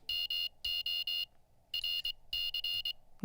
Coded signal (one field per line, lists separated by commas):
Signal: Morse code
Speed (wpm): 24 wpm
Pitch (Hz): 2800 Hz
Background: none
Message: MO RC